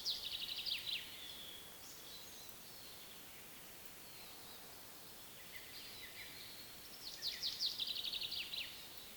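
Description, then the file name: Common chaffinch calls: a quick run of high notes slipping downward at the start, quieter notes midway, then another rapid series near the end, with constant hiss behind. "Fringilla coelebs"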